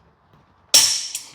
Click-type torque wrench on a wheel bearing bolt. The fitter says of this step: two yeah give her two clicks